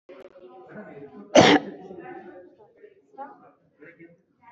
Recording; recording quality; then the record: shallow voluntary cough; moderate, slight background noise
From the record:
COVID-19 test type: RT-PCR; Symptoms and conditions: cough, cold, loss of smell and taste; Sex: female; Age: 40 years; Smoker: no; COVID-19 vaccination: both doses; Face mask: worn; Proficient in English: yes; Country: India